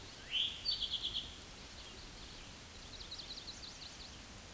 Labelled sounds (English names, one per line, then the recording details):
Eastern Towhee song
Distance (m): 25 m
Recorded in a Pennsylvania forest on 17 May 2023 at 13:57
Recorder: AudioMoth, point grid1_31_low
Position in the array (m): 136 m, 116 m